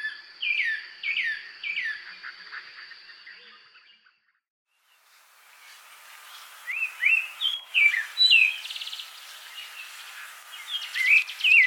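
A thrush sings a few slurred whistles, falls silent for a moment, then returns with sharper whistled notes and fast chattering trills.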